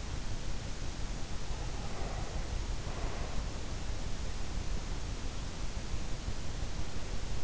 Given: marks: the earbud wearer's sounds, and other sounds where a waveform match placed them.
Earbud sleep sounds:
sounds in sleep by an in-ear microphone; breath
1.30-3.38 s: breath

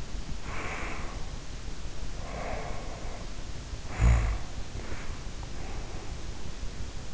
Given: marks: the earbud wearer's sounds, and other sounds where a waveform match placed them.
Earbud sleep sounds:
sounds in sleep by an in-ear microphone; breath, snoring breath
0.28-1.28 s: breath
2.19-3.43 s: breath
3.90-4.47 s: snoring breath
4.74-6.39 s: breath

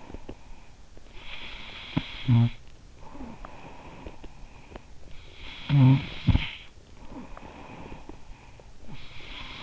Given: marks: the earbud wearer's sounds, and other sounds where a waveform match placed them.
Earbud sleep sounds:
sounds in sleep by an in-ear microphone; snoring breath
0.00-9.63 s: snoring breath

